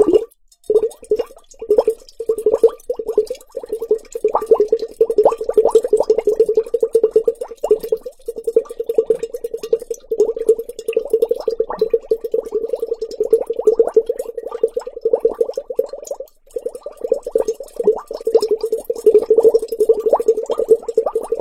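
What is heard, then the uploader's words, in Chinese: Water fizzes and bubbles in a large glass bowl, a dense, rapid stream of small pops and plops over a steady mid-pitched bubbling tone. The activity stays busy throughout, with only a brief pause around sixteen seconds. 水和玻璃的声音。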